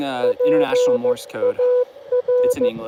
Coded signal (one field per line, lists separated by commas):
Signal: Morse code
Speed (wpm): 16 wpm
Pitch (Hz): 500 Hz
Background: speech, radio noise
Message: PAR